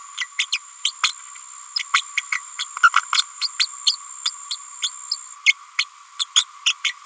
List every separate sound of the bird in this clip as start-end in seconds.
0.17-0.26, 0.38-0.46, 0.52-0.58, 0.84-0.92, 1.03-1.13, 1.79-1.83, 1.93-2.02, 2.17-2.21, 2.32-2.40, 2.59-2.65, 2.83-2.90, 3.12-3.23, 3.41-3.48, 3.59-3.67, 3.86-3.97, 4.25-4.31, 4.50-4.56, 4.82-4.90, 5.46-5.53, 5.78-5.85, 6.19-6.24, 6.35-6.44, 6.65-6.74, 6.84-6.94